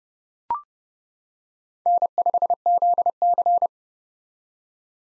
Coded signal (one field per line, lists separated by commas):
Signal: Morse code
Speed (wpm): 30 wpm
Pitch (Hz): 700 Hz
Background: none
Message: N5ZC